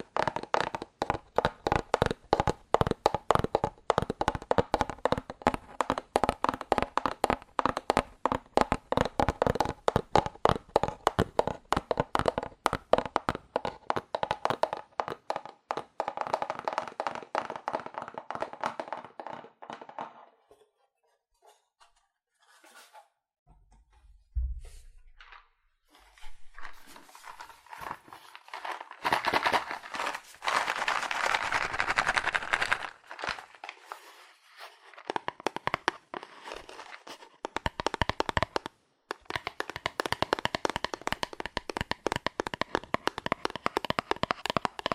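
Fast, aggressive tapping on cardboard, a dense run of sharp hits for the first twenty seconds. After a near-silent gap with a few scattered knocks, rougher scraping and rustling take over, broken by brief pauses, before quick tapping returns near the end.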